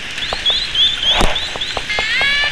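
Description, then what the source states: Orca call with rising and falling harmonic bands, and clicks in the background. Southern Resident killer whale, call type S18.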